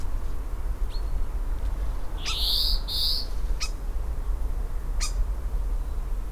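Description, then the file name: European greenfinch giving two short, nasal, wheezy call notes close together, with a few faint thin ticks before and after, over steady low rumbling background noise. "Chloris chloris"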